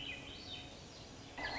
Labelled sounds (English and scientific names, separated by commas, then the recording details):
Swainson's Thrush (Catharus ustulatus)
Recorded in Sonoma County, California